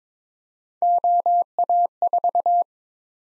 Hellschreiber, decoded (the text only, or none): none